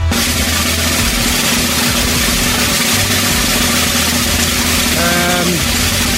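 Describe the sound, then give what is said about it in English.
A long, steady drum roll rumbles on at a constant loud level for several seconds, a dense, unbroken rattle of rapid hits with no voices over it. “That's a long drum roll, that'll do.”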